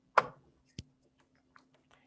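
The bobbin area cover on a Bernina sewing machine is closed after the thread is cut and snaps shut with a sharp click at 0.2 s, seating it so the bobbin is ready. Fainter ticks follow at about 0.8 s, 1.6 s and 1.9 s.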